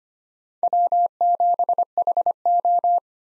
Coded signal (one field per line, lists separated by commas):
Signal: Morse code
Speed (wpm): 25 wpm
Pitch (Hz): 700 Hz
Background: none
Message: W7HO